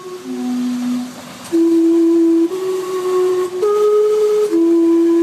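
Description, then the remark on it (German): The whistles of the steam-powered clock tower in Gastown, the historic district of Vancouver, sound a slow tune of loud, sustained, breathy tones, each note holding about a second before stepping to another pitch, with no voices. “Gastown mit seinem dampfbetriebenen Uhrenturm, den hübschen alten Gaslaternen und den liebevoll restaurierten Ladenfassaden ist das historische Viertel Vancouvers.”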